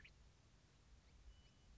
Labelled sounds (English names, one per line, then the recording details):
Western Meadowlark
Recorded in Sonoma County, California